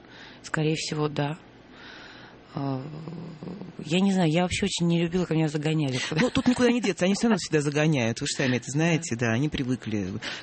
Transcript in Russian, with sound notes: Скорее всего, да. Я не знаю, я вообще очень не любила, когда меня загоняли куда-то (смеется)
Ну, тут никуда не деться, они все равно всегда загоняют, Вы же сами это знаете, они привыкли.